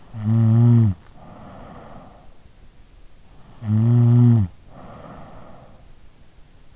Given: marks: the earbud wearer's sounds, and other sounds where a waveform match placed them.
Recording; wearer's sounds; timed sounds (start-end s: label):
sounds in sleep by an in-ear microphone; snoring breath
0.00-2.37 s: snoring breath
3.49-6.07 s: snoring breath